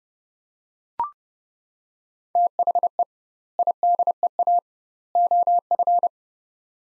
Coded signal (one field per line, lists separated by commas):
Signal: Morse code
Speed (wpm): 30 wpm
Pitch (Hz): 700 Hz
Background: none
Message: THE IDEA OF